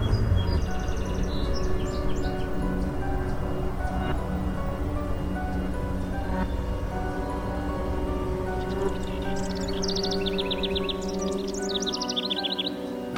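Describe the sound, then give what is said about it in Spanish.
Birds chirp and sing at dawn in bright, high, warbling bursts, one flurry at the start and a longer run near the end, over a steady low droning hum with no talking. “Oí el canturreo de algunos pájaros y me estremecí.”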